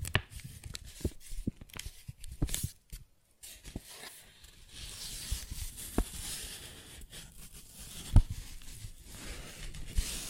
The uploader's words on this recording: ASMR Paper Bag Tapping and Scratching Sounds (No Talking).